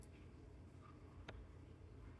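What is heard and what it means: A plastic trim screw on the plastic cabin air filter cover of a Ford Fiesta ST is turned backwards until it drops into its existing thread, so it won't cut a new thread before being tightened. A low background hum runs throughout, with a faint tick near the start. A single sharp click at 1.3 s marks the screw seating in its old thread.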